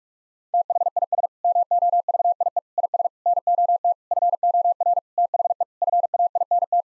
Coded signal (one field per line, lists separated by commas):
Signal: Morse code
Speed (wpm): 46 wpm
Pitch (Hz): 700 Hz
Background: none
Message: THIS MOVIE IS NOT FOR THE FAINT